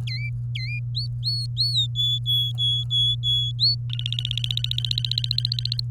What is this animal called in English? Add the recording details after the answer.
Domestic Canary. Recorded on 24 April 2018 at 08:16. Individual llb3